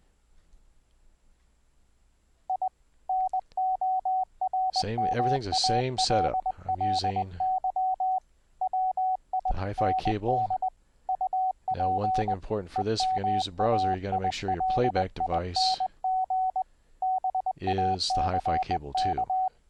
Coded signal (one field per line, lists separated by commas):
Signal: Morse code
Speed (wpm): 20 wpm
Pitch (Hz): 750 Hz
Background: speech, radio noise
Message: I NORMALLY WIND UP EMAILING BACK